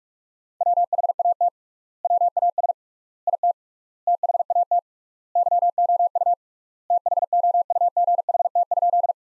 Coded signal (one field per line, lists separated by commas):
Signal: Morse code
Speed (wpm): 46 wpm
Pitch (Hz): 700 Hz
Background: none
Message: WHAT WAS IT THAT YOU THOUGHT?